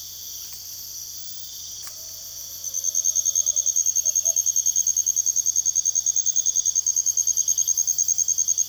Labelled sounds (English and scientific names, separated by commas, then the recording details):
Tropical Screech-Owl (Megascops choliba)
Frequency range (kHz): Tropical Screech-Owl (Megascops choliba) 0.2-1.8 kHz
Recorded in secondary vegetation near Puerto Asís, Putumayo, Colombia, on 29 June 2025
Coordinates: 0.488, -76.319
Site G094